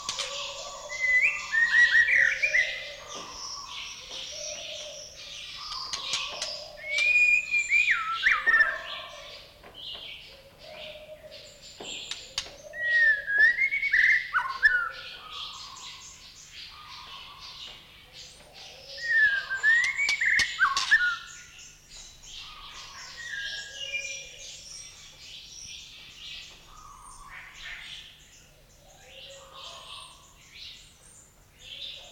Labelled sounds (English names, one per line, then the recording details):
White-rumped Shama
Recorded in captivity
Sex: male
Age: adult
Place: Zoo Berlin, Berlin, DE
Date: 1994-02-05 11:22
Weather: heiter bis wolkig, 0°C, Wind
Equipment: Marantz CP 430, Sennheiser MKH 416 T, Kopie Uher Variocord 263
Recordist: Tembrock, Günter